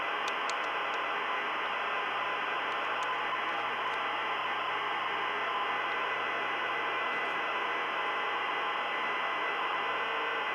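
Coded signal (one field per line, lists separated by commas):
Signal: ZX Spectrum tape loading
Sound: continuous harsh hissing buzz, steady throughout, a few clicks near start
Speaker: not especially types as old as this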